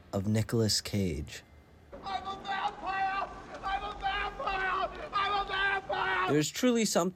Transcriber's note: more Nicolas Cage yelling